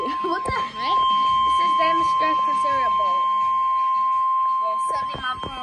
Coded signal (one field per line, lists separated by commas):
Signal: Emergency Alert System (SAME) tones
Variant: 1050 Hz attention tone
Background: speech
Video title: Severe Thunderstorm Warning On Station WXK91 (Topeka, KS) EAS #231